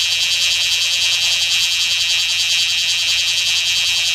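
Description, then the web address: Bear cicada song, a loud, steady, dense buzzing drone that holds without pause through the whole stretch, with a faint low hum beneath. "sikioto insect kumazemi"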